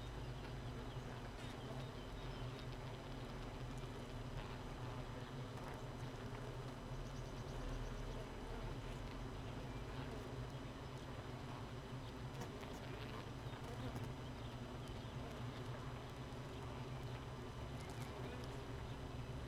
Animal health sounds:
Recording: honeybee colony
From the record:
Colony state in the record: missing queen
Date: 31 May 2018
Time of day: 4:01

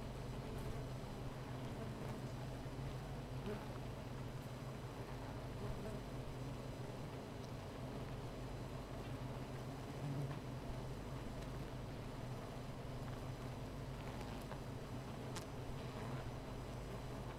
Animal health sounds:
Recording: honeybee colony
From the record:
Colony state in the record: missing queen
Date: 14 July 2017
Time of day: 13:56

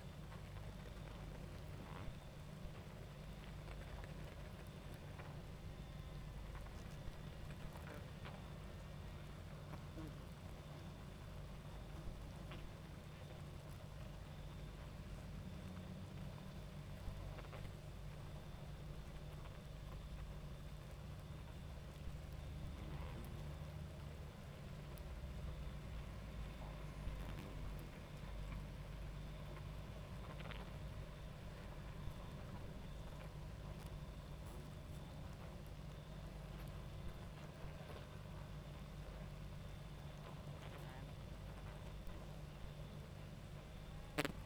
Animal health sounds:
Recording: honeybee colony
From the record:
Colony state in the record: active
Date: 28 July 2017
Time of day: 22:45

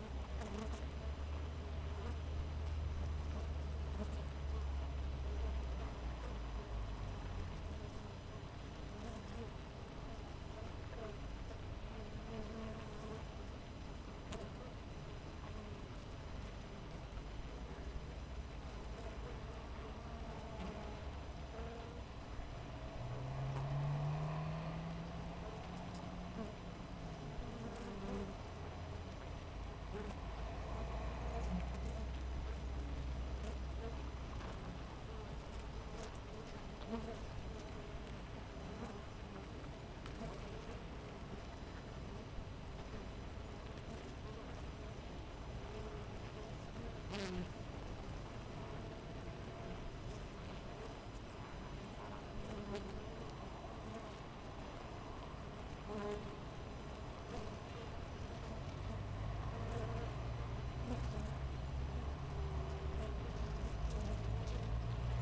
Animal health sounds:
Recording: honeybee colony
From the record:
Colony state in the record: missing queen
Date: 14 July 2017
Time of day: 6:15

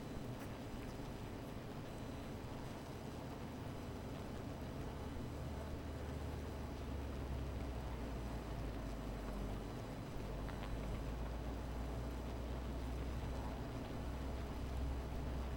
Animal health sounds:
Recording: honeybee colony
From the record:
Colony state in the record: missing queen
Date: 14 July 2017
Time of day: 17:10

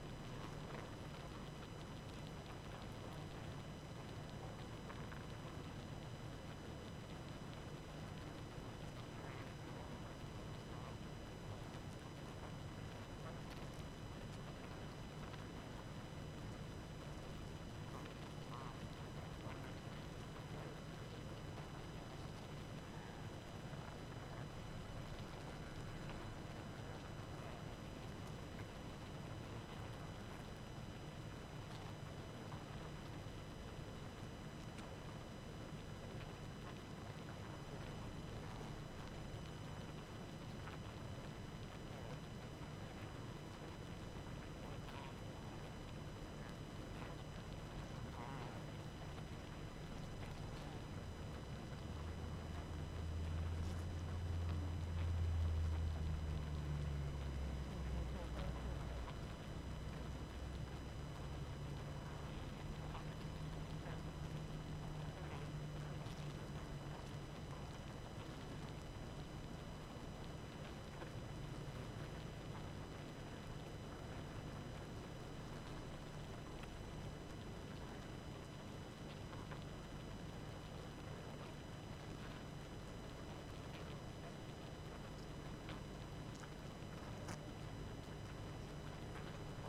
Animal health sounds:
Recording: honeybee colony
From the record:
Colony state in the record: active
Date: 12 June 2018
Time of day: 22:56

